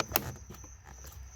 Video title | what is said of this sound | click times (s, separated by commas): How To Replace The Front Interior Door Light Bulbs On Your 97-03 Ford F-150 & 97-02 Ford Expedition! | Heard it click in, nice and tight. | 0.2 s